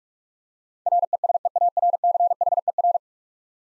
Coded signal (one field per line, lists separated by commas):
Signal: Morse code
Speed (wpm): 46 wpm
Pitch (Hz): 700 Hz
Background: none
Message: RESEARCHER